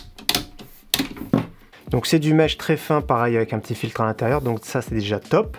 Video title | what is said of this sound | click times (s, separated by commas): 2 Configs PC Gamer mini ITX (1000€ et 2000€) | je retourne je vous montre la façade plus qu'à tirer dessus également c'est pareil s'éclipser | 0.3 s, 0.9 s